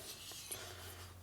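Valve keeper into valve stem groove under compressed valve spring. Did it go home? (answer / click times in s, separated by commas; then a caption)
no / none. A steel valve keeper is worked toward the radius groove of a valve stem under a compressed valve spring, on a second try, during the rebuild of a 1977 Harley-Davidson XLCR 1000cc ironhead Sportster motor with Thunder heads; the first try failed because the work was hard to see. Soft rubbing and scraping sit over a steady low hum, with a slightly louder touch around 0.5 s. Nothing has seated or clicked yet.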